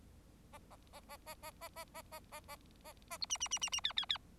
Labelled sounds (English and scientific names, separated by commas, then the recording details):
Bengalese Finch (Lonchura striata domestica) song
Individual Bird4